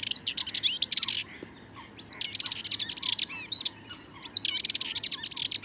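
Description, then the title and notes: Sardinian warbler song in quick, jerky phrases of high, scratchy and twangy notes, repeated with short breaks between them. Recorded 22 March 2019 at Le Charnier, Camargue, at twilight; a long monologue of incredibly nervous, rapid song; Wildtronic parabola, MKH8020 microphone, MixPre 3 recorder. "Le Charnier - Camargue. une Fauvette mélanocéphale (Sylvia melanocephala)"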